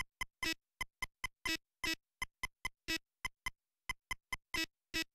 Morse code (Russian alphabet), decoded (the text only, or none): none